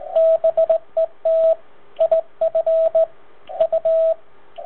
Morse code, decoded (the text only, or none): BET IF U